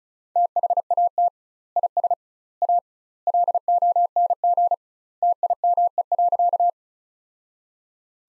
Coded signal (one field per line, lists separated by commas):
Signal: Morse code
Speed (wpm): 34 wpm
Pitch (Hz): 700 Hz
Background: none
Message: THAT IS A LONG TIME.